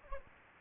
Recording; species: mosquito wingbeat signal from an infrared sensor; Aedes aegypti